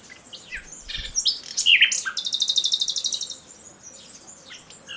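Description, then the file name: Common nightingale song: sharp whistled notes and a bright chirp, then a loud, fast buzzy rattle of about a second, followed by softer scattered high notes. "Luscinia megarhynchos"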